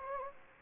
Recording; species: mosquito wingbeat signal from an infrared sensor; Anopheles gambiae